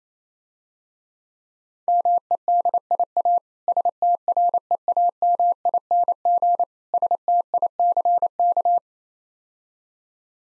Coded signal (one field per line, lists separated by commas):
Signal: Morse code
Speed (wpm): 28 wpm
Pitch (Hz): 700 Hz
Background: none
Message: MEDIA STREAMING STICK